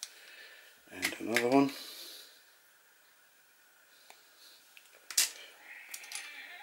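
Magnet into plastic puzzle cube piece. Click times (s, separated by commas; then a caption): 0.0 s. A small replacement magnet is pushed into its holder in a plastic RS3M speedcube piece and released, snapping into place with a single short click at 0.0 s. Someone then talks briefly, followed by a few faint ticks and a sharper click near 5.2 s.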